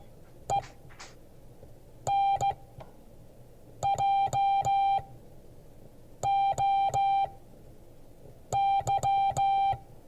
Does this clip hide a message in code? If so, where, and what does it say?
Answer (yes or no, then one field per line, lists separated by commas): yes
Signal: Morse code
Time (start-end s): 0.5-9.7 s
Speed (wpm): 15 wpm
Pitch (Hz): 790 Hz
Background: music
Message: ENJOY